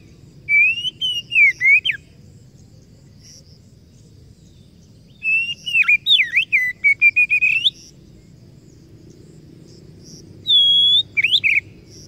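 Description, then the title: Oriental magpie-robin singing in three bursts of clear, quickly changing whistles, some dipping and sweeping, separated by pauses, with a constant low background hum. Masteran (training recording) meant to provoke kacer into gacor (full, active singing); described as successful, the bird going on to become a contest champion. "Masteran Kacer Yang Sukses Memancing Kacer Gacor Sampai Jadi Juara"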